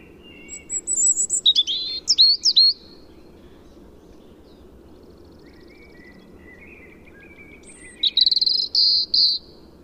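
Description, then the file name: European robin song in two phrases: sharp rising and falling whistles followed by a buzzy high trill, with a quiet stretch and faint twitters between. "Erithacus rubecula"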